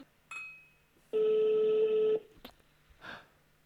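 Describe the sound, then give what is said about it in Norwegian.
A single long, steady ringback tone hums through a phone line for about a second during a call to the Grand Café, followed by a couple of sharp clicks and a brief rustle as the call is picked up. “Du er nødt til å ringe en Grand Café og ha litt for høye tanker om deg selv og stille litt for store krav.”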